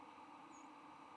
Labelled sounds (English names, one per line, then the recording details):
White-throated Sparrow flight call
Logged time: 04:20 on 16 November 2014